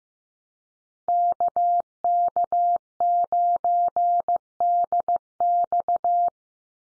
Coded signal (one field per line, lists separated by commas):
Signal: Morse code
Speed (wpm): 15 wpm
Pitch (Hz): 700 Hz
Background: none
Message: KK9DX